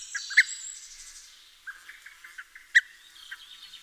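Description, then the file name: Common blackbird uttering two loud, hard clicking notes about two seconds apart, with softer ticks and a chorus of high whistling songbirds behind. "Turdus merula"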